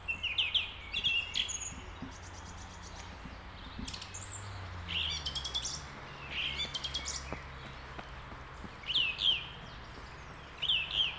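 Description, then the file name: Redwing song: quick whistled phrases mixed with dry twittering, coming in irregular bursts, with a low humming drone in the background. "Drozdziczek"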